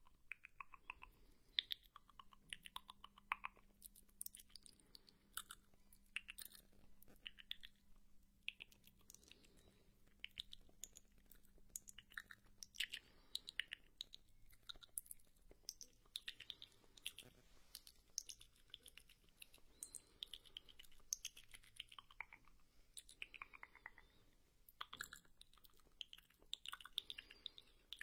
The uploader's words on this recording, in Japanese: 口腔音｜跳跳糖、泡泡糖、香蕉、汽水儿、薯片。